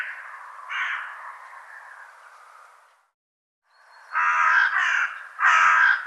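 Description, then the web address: Bird giving a drawn-out rasping call that trails off, a brief silence, then three loud, hoarse caws. "cianscape birddata"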